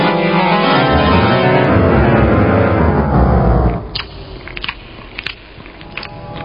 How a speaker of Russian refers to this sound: Разбудили ее чавкающие звуки.